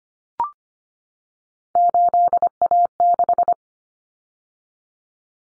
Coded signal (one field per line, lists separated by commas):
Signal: Morse code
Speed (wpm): 25 wpm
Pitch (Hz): 700 Hz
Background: none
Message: 8A6